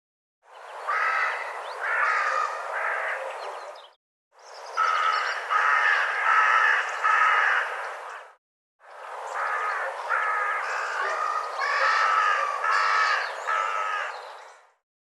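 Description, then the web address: Bird giving harsh calls in three long bursts of rapidly repeated notes, separated by short pauses. "cianscape birddata"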